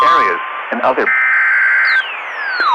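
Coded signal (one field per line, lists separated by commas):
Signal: Emergency Alert System (SAME) tones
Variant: header bursts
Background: speech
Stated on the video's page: Fictional recreated mock alert with SAME tones for a squall.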